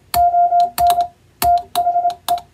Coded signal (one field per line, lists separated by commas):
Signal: Morse code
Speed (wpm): 26 wpm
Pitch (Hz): 700 Hz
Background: none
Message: ON THE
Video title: 【ソフトウェアでないＣＷ練習を始めませんか】ＣＷの練習風景です。欧文普通語をエレキーで叩いてみました。生身のモールスで受信練習をしてみませんか(training for radio operator)